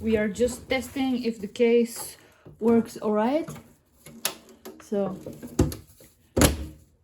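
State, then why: Seated. Someone talks while the lid of a Hermes 3000 typewriter's carrying case is pressed down onto its base to test whether the case works. After a few brief knocks around 4.3 s, the case latch clicks shut at 6.4 s, and the latch is seated.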